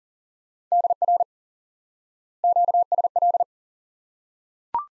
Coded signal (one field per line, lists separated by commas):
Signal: Morse code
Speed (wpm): 40 wpm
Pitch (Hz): 700 Hz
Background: none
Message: DR QSL